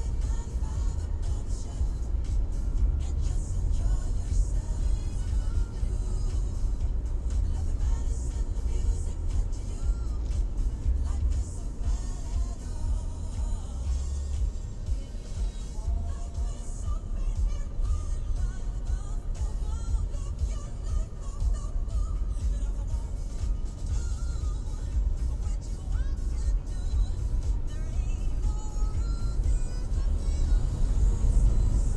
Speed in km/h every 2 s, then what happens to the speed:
35, 33, 33, 33, 33, 28, 23, 22, 22, 23, 24, 27, 30, 34, 42, 45.
0-8 steady at about 33. 8-12 slows to 23. 12-17 steady at about 22. 17-32 speeds up to 45.